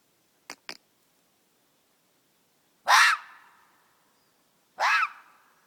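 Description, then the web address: Red fox giving loud, raspy screams. Two brief sharp snaps come first, then two drawn-out hoarse shrieks about two seconds apart against a silent background. Fox screaming across the whole forest. "lis krzyczy na caly las"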